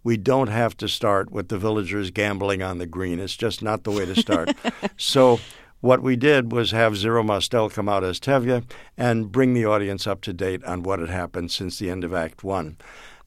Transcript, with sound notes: We don't have to start with the villagers gambling on the green. It's just not the way to start.
(Laughter)
So what we did was have Zero Mostel come out as Tevye and bring the audience up to date on what had happened since the end of act one.